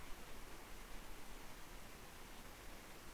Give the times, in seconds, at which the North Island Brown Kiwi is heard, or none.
none